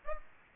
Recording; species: mosquito wingbeat signal from an infrared sensor; Aedes aegypti